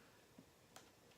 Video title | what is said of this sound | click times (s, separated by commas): Browning Dark OPS Elite HD Review NICE!! | then they just click and they're in there okay | 0.8 s